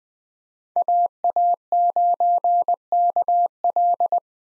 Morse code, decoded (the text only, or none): AA9KL